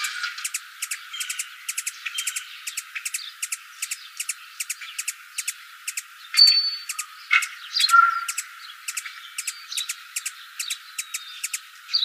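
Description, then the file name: Ruby-throated hummingbird giving sharp, dry chip calls, repeated irregularly in quick bursts. Calls of a female, Arizona. "RTHU CALLS FEM. deviche"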